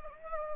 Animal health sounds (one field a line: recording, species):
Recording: mosquito wingbeat signal from an infrared sensor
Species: Aedes aegypti